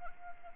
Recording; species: mosquito wingbeat signal from an infrared sensor; Anopheles arabiensis